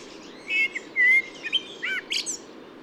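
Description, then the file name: Eurasian blackbird song: several short whistled and warbled phrases with rising and falling notes, a few high squeaky twitters between them, over a steady low background hum. Recorded 8 June 2019 at a camp in Ísafjörður. "cbbird-merula-1-M-S is isafjördur-camp"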